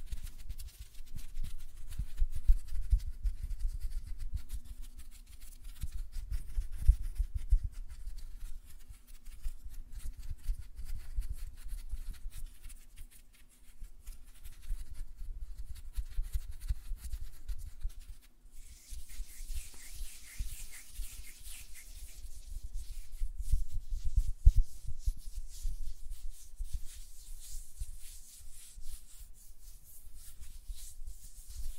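Soft tapping on nails and fluttering finger sounds, a dense patter of small, quick taps and rubs sitting low and muffled throughout. A faint steady hum runs under the first half, and from about 19 to 23 seconds a brighter hiss of rubbing rises over the taps.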